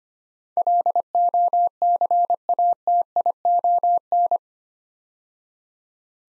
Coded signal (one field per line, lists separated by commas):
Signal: Morse code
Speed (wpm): 25 wpm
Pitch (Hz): 700 Hz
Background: none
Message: LOCATION